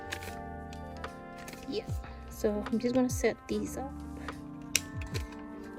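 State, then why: Seated. A watercolor paint pan is pressed into a palette tray while someone talks over background music, and it seats with a sharp little click at 4.8 seconds. The pan snaps firmly into place.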